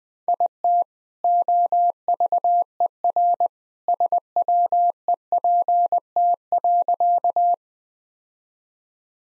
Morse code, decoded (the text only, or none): IT OVER SWEPT.